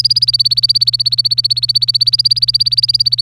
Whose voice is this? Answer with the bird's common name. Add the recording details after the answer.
Domestic Canary. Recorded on 25 April 2018 at 07:50. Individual llb3